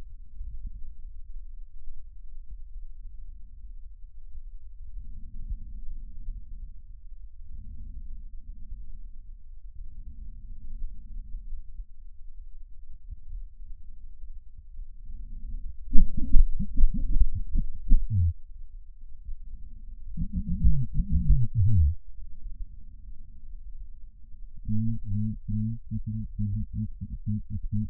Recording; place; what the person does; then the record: lung sounds by stethoscope; right posterior apical chest; quiet breathing, then cough and speech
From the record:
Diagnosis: none (healthy); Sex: male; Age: 45 years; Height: 173 cm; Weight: 92 kg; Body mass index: 30.7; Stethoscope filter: bell mode